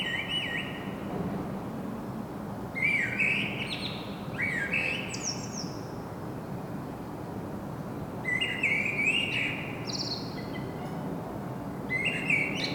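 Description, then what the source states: Common blackbird singing a series of flutey, warbling phrases with scratchy high endings over constant low background noise. Singing, recorded in Saint-Gilles, Belgium, with a Sony PCM-M10 internal microphone.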